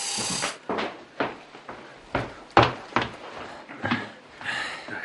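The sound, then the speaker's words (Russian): A run of sharp wooden clunks and rattles as a father unlatches and swings open a door after a doorbell ring, with about eight distinct knocks spaced irregularly and no voices. “На звонок Жени папа открывает дверь”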